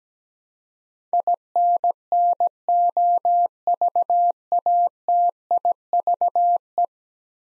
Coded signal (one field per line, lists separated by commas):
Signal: Morse code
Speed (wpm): 17 wpm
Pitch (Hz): 700 Hz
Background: none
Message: INNOVATIVE